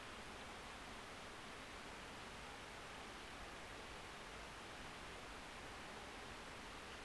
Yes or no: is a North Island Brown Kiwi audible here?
no